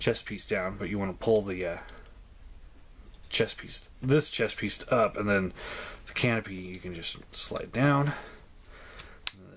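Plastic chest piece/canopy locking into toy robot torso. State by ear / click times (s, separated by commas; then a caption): partly seated / 9.3 s. Someone talks while transforming a plastic Raptor Squadron Sky Wind robot jet toy, sliding the canopy down and pushing the plastic chest piece into the robot torso. A sharp click at 9.3 s marks the chest piece locking into place, but not securely, a known loose-lock issue, though it still holds.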